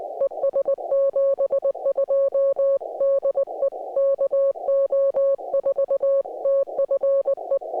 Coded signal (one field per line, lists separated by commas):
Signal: Morse code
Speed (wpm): 16 wpm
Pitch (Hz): 570 Hz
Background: music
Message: ES 72 DE KO4TFE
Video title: QRP, CW POTA IN A SOLAR STORM - FT-891, GABIL 7350TC